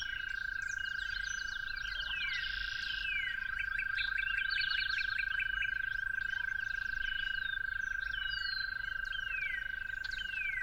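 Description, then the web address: Toad trill running continuously as a level, even drone, while numerous birds sing with rapid chips and descending whistles. Toads recorded calling at dawn. "musicofnature Toads at Dawn"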